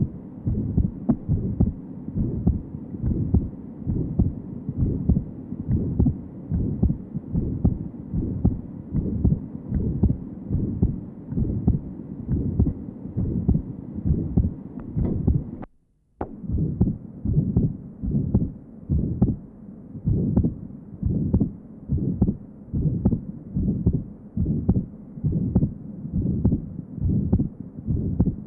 Patient is an atrial septal defect. Recording taken at pulmonary area. Note the wide fixed splitting of the second heart sound and the ejection systolic murmur in this area.